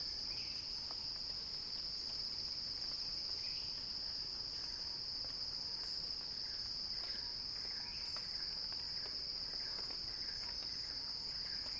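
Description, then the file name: Cicada song, a steady high-pitched electric buzz held unbroken throughout, with faint scattered clicks and chirps beneath. Cicada song building in a crescendo. "earth-fm Axel-Drioli Cicada-Crescendo-Sounding-Wild"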